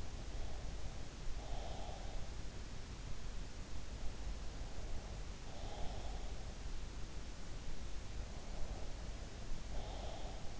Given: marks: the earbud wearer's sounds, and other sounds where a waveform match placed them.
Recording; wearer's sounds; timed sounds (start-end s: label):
sounds in sleep by an in-ear microphone; breath
0.00-2.03 s: breath
4.94-6.26 s: breath
8.38-10.60 s: breath